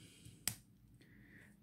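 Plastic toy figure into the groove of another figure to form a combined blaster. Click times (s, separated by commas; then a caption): 0.5 s. A plastic 2002–2003 Transformers Armada space exploration Minicon figure, Astroscope, is slid along the ridge inside Sky-Blast's shoulder into the groove on Astroscope's arm to form the combined Requiem Blaster. A single sharp, bright snap rings out at 0.5 s against a quiet background, with a faint softer tick near 1.0 s. The figure clicks home and the blaster is assembled.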